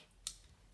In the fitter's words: and it clicks into place and I'm not sure where you can see but there's like a little Groove here